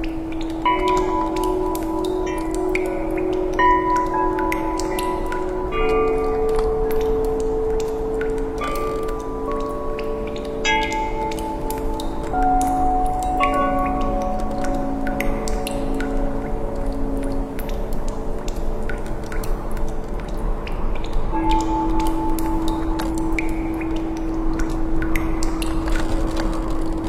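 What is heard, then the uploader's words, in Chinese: Temple bells ring with long, overlapping tones that hang in the air, while meltwater drips in light, scattered ticks throughout, steady. 古寺钟响，雪压枝头融化的水空灵滴落。冬雪压枝。古庙风钟。水滴空灵。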